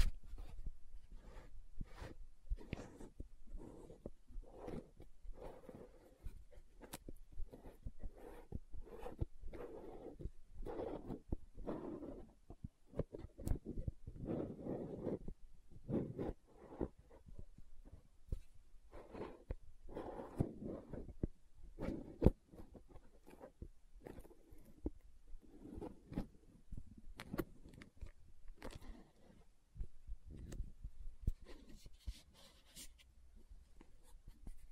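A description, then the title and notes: Dry tapping and scratching on a bottle and its lid, a dense run of quick clicks and scrapes with short pauses between bursts. Sharper knocks stand out now and then, around 7, 13 and 22 seconds. Lid Sounds & Bottle Tapping, Scratching. (No Talking).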